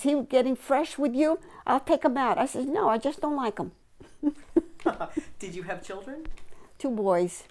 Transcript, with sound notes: Is he getting fresh with you. I'll take him out! I says, no. I just don't like him. (laughing)
Did you have children?
Two boys.